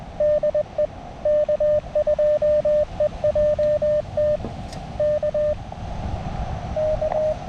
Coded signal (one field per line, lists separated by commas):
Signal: Morse code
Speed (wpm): 20 wpm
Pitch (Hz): 600 Hz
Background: radio noise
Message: DE K2EJT K K